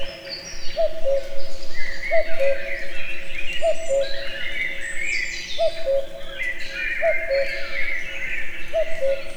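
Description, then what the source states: Common cuckoo giving its two-note falling cuck-oo, about six calls spaced roughly one to two seconds apart, over a busy chorus of high chirping and warbling songbirds. Natural outdoor recording near a tourist house at Eger, with the cuckoo heard both far and near.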